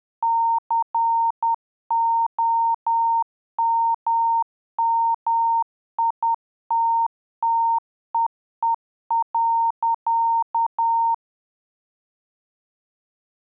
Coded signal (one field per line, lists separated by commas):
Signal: Morse code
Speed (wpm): 10 wpm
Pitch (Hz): 920 Hz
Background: none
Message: COMMITTEE.